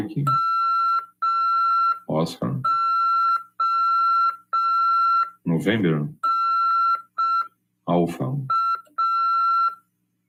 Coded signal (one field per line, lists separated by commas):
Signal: Morse code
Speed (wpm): 5 wpm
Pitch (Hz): 1350 Hz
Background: speech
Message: MONA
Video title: RADIOAMADOR 1ªEd. 16/1/2023 "AULA 5 CW, LEGIS e C.RODADA" FM 146.410 Mhz. PY2EXU PAULO SP/SP CRASP.